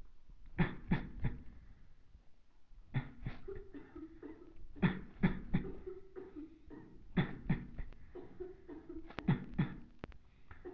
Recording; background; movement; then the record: voluntary coughing; a bystander coughing; sitting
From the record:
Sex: male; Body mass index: 23.7 kg/m2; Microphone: on the chest, facing the body